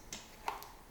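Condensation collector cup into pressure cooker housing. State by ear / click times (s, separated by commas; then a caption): not seated / none. A plastic condensation collector cup is handled at its slot on the side of an Instant Pot pressure cooker base. Brief, sharp plastic ticks sound at about 0.1, 0.5 and 0.6 seconds against a quiet background. The cup has not seated or clicked into place yet.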